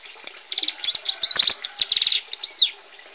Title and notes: Kicau Ciblek. putri sherin. suara burung ciblek gacor dan anakan